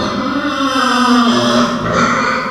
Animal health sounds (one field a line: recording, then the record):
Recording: squeal of a Yucatan mini pig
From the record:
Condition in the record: after surgery on the right vocal fold (resection and tissue-engineered implant)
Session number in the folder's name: 15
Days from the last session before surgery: 175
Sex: female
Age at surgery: 19 weeks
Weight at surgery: 25 kg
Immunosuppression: prednisolone